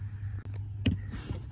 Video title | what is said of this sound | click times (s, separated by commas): Tuneup on a 2012-2018 Ford Focus | Little cover panel just snaps back into place, | 0.9 s